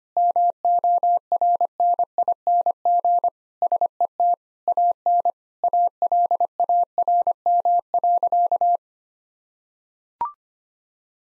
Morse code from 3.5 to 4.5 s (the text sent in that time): SET